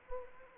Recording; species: mosquito wingbeat signal from an infrared sensor; Anopheles arabiensis